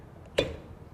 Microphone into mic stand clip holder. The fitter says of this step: but it should snap into place.